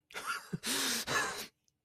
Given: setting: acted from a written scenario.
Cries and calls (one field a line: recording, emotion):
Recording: vocal sound without words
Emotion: sadness